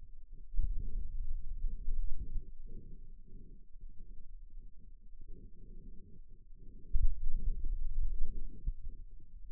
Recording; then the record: forearm muscle sounds (acoustic myography)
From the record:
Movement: finger pinch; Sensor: system 2, bracelet of six BSWA MPA416 microphones around the upper forearm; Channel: 4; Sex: male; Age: 22 years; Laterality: right